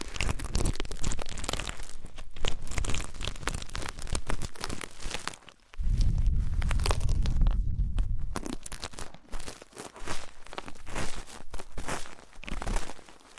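Ear cleaning sounds fill the clip with dense, rapid crackling and rustling, a busy scratchy texture that rarely pauses. Near the middle, from about six to eight seconds, a heavier low rumbling rub takes over before the fine crinkling scratches return.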